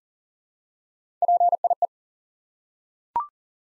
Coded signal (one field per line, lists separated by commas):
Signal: Morse code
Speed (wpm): 38 wpm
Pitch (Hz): 700 Hz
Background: none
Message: PIE